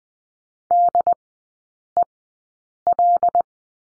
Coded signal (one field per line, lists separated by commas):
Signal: Morse code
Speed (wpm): 20 wpm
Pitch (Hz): 700 Hz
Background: none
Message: DEL